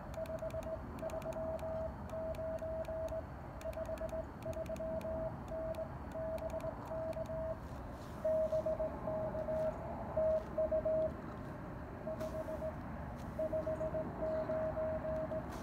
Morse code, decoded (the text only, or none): 539 53N BK BK TU 559